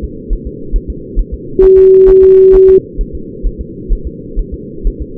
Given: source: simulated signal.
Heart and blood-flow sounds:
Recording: fetal heart sounds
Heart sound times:
0.04 s: S2
0.33 s: S1
0.47 s: S2
0.76 s: S1
0.90 s: S2
1.19 s: S1
1.34 s: S2
1.64 s: S1
1.78 s: S2
2.09 s: S1
2.24 s: S2
2.55 s: S1
2.69 s: S2
3.01 s: S1
3.15 s: S2
3.47 s: S1
3.61 s: S2
3.93 s: S1
4.07 s: S2
4.39 s: S1
4.54 s: S2
4.87 s: S1
5.02 s: S2
From the record:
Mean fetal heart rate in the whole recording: 130 bpm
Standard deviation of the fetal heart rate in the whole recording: 4 bpm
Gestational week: 38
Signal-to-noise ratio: -4.3 dB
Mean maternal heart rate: 72 bpm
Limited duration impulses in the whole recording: present

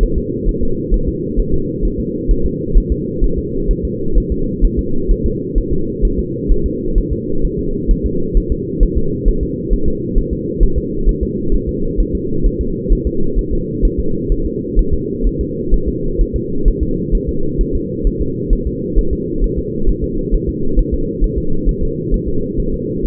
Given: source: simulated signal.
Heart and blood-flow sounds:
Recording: fetal heart sounds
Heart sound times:
0.03 s: S1
0.18 s: S2
0.49 s: S1
0.63 s: S2
0.94 s: S1
1.08 s: S2
1.40 s: S1
1.54 s: S2
1.85 s: S1
2.00 s: S2
2.31 s: S1
2.46 s: S2
2.77 s: S1
2.92 s: S2
3.24 s: S1
3.38 s: S2
3.71 s: S1
3.85 s: S2
4.18 s: S1
4.32 s: S2
4.64 s: S1
4.79 s: S2
5.11 s: S1
5.26 s: S2
5.58 s: S1
5.73 s: S2
6.05 s: S1
6.19 s: S2
6.52 s: S1
6.66 s: S2
6.98 s: S1
7.13 s: S2
7.45 s: S1
7.59 s: S2
7.91 s: S1
8.06 s: S2
8.37 s: S1
8.52 s: S2
8.83 s: S1
8.98 s: S2
9.29 s: S1
9.43 s: S2
9.73 s: S1
9.88 s: S2
10.18 s: S1
10.33 s: S2
10.63 s: S1
10.78 s: S2
11.09 s: S1
11.23 s: S2
11.54 s: S1
11.69 s: S2
12.00 s: S1
12.15 s: S2
12.46 s: S1
12.61 s: S2
12.93 s: S1
13.07 s: S2
13.39 s: S1
13.53 s: S2
13.85 s: S1
14.00 s: S2
14.32 s: S1
14.46 s: S2
14.79 s: S1
14.94 s: S2
15.27 s: S1
15.41 s: S2
15.74 s: S1
15.88 s: S2
16.21 s: S1
16.36 s: S2
16.68 s: S1
16.83 s: S2
17.15 s: S1
17.29 s: S2
17.61 s: S1
17.75 s: S2
18.07 s: S1
18.21 s: S2
18.53 s: S1
18.67 s: S2
18.99 s: S1
19.13 s: S2
19.44 s: S1
19.58 s: S2
19.89 s: S1
20.04 s: S2
20.34 s: S1
20.49 s: S2
20.79 s: S1
20.94 s: S2
21.24 s: S1
21.38 s: S2
21.69 s: S1
21.83 s: S2
22.14 s: S1
22.28 s: S2
22.60 s: S1
22.74 s: S2
23.06 s: S1
From the record:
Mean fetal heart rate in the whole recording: 130 bpm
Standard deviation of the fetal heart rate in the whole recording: 2 bpm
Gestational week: 38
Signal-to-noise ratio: -8.1 dB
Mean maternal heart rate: 72 bpm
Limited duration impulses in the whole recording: absent

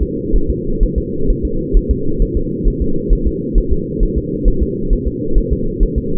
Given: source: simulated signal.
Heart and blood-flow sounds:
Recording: fetal heart sounds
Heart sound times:
0.03 s: S2
0.36 s: S1
0.50 s: S2
0.83 s: S1
0.98 s: S2
1.30 s: S1
1.45 s: S2
1.77 s: S1
1.91 s: S2
2.22 s: S1
2.37 s: S2
2.68 s: S1
2.82 s: S2
3.13 s: S1
3.27 s: S2
3.58 s: S1
3.73 s: S2
4.03 s: S1
4.18 s: S2
4.48 s: S1
4.63 s: S2
4.93 s: S1
5.08 s: S2
5.38 s: S1
5.53 s: S2
5.83 s: S1
5.98 s: S2
From the record:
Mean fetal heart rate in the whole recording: 130 bpm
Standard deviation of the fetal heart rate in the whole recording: 4 bpm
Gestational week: 38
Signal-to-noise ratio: -8.1 dB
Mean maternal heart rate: 72 bpm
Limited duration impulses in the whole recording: absent

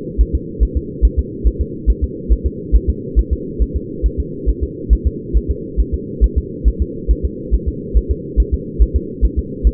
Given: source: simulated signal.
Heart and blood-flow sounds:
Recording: fetal heart sounds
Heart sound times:
0.21 s: S1
0.35 s: S2
0.63 s: S1
0.77 s: S2
1.05 s: S1
1.19 s: S2
1.47 s: S1
1.61 s: S2
1.90 s: S1
2.04 s: S2
2.32 s: S1
2.47 s: S2
2.75 s: S1
2.90 s: S2
3.19 s: S1
3.33 s: S2
3.62 s: S1
3.76 s: S2
4.06 s: S1
4.20 s: S2
4.49 s: S1
4.64 s: S2
4.93 s: S1
5.07 s: S2
5.37 s: S1
5.51 s: S2
5.80 s: S1
5.94 s: S2
6.24 s: S1
6.38 s: S2
6.68 s: S1
6.82 s: S2
7.11 s: S1
7.25 s: S2
7.54 s: S1
7.69 s: S2
7.97 s: S1
8.11 s: S2
8.40 s: S1
8.54 s: S2
8.82 s: S1
8.96 s: S2
9.25 s: S1
9.39 s: S2
9.67 s: S1
From the record:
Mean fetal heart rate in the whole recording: 140 bpm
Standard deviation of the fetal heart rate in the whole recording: 2 bpm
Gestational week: 34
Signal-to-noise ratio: -4.1 dB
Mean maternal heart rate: no maternal heart sound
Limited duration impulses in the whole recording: absent

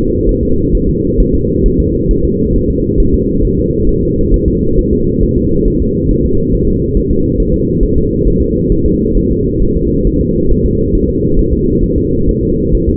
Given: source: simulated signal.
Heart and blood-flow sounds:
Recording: fetal heart sounds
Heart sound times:
0.29 s: S1
0.43 s: S2
0.75 s: S1
0.89 s: S2
1.20 s: S1
1.34 s: S2
1.66 s: S1
1.80 s: S2
2.11 s: S1
2.25 s: S2
2.56 s: S1
2.70 s: S2
3.00 s: S1
3.14 s: S2
3.45 s: S1
3.59 s: S2
3.89 s: S1
4.03 s: S2
4.34 s: S1
4.48 s: S2
4.79 s: S1
4.93 s: S2
5.23 s: S1
5.38 s: S2
5.68 s: S1
5.82 s: S2
6.11 s: S1
6.25 s: S2
6.54 s: S1
6.69 s: S2
6.97 s: S1
7.11 s: S2
7.40 s: S1
7.54 s: S2
7.83 s: S1
7.97 s: S2
8.27 s: S1
8.41 s: S2
8.72 s: S1
8.86 s: S2
9.17 s: S1
9.31 s: S2
9.62 s: S1
9.77 s: S2
10.07 s: S1
10.21 s: S2
10.51 s: S1
10.65 s: S2
10.95 s: S1
11.09 s: S2
11.39 s: S1
11.53 s: S2
11.84 s: S1
11.98 s: S2
12.29 s: S1
12.43 s: S2
12.74 s: S1
12.89 s: S2
From the record:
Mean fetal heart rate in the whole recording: 135 bpm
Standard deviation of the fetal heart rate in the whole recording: 3 bpm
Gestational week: 36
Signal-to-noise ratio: -15.3 dB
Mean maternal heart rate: 72 bpm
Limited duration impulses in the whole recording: present

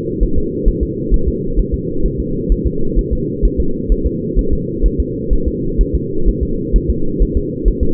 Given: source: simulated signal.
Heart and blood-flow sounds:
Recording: fetal heart sounds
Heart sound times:
0.23 s: S1
0.38 s: S2
0.69 s: S1
0.83 s: S2
1.14 s: S1
1.28 s: S2
1.59 s: S1
1.74 s: S2
2.06 s: S1
2.20 s: S2
2.52 s: S1
2.67 s: S2
2.99 s: S1
3.13 s: S2
3.45 s: S1
3.60 s: S2
3.92 s: S1
4.06 s: S2
4.39 s: S1
4.53 s: S2
4.86 s: S1
5.00 s: S2
5.33 s: S1
5.48 s: S2
5.81 s: S1
5.95 s: S2
6.29 s: S1
6.43 s: S2
6.76 s: S1
6.90 s: S2
7.22 s: S1
7.37 s: S2
7.68 s: S1
7.83 s: S2
From the record:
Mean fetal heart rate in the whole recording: 130 bpm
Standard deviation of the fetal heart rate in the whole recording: 2 bpm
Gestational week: 36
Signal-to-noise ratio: -8.1 dB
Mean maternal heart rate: 72 bpm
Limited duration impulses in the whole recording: absent

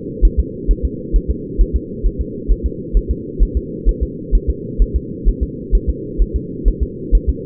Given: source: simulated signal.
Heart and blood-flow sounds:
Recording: fetal heart sounds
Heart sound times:
0.25 s: S1
0.39 s: S2
0.71 s: S1
0.85 s: S2
1.16 s: S1
1.31 s: S2
1.61 s: S1
1.76 s: S2
2.06 s: S1
2.21 s: S2
2.52 s: S1
2.66 s: S2
2.97 s: S1
3.11 s: S2
3.43 s: S1
3.57 s: S2
3.89 s: S1
4.03 s: S2
4.35 s: S1
4.50 s: S2
4.82 s: S1
4.96 s: S2
5.29 s: S1
5.43 s: S2
5.75 s: S1
5.89 s: S2
6.22 s: S1
6.36 s: S2
6.68 s: S1
6.83 s: S2
7.15 s: S1
7.29 s: S2
From the record:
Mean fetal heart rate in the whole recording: 130 bpm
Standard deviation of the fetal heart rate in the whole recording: 2 bpm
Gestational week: 36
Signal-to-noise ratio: -4.1 dB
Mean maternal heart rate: no maternal heart sound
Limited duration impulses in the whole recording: absent

